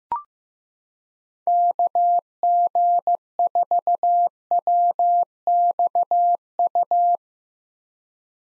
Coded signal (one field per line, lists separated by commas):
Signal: Morse code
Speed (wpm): 16 wpm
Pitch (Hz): 700 Hz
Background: none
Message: KG4WXU